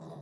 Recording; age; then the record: pig call; piglet (1 to 25 days)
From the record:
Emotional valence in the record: negative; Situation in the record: long isolation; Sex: male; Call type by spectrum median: low-frequency call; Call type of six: low-frequency stable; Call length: 0.22 s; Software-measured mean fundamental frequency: 51 Hz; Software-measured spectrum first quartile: 175 Hz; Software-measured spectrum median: 367 Hz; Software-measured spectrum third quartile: 744 Hz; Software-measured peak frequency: 164 Hz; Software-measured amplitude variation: 96 dB a second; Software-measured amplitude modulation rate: 22.9 a second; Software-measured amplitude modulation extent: 4.2 dB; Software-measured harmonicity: 2.0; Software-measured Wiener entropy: -0.13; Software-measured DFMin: 1433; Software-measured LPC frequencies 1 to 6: 455, 3775, 4936, 5813, 6697, 7597 Hz